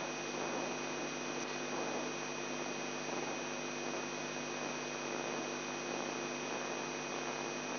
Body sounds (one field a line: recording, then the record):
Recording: brain microelectrode recording played as sound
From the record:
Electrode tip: inside the subthalamic nucleus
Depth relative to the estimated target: 2 mm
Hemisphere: left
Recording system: AlphaMap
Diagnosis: Parkinson's disease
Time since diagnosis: 11 years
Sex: male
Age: 42 years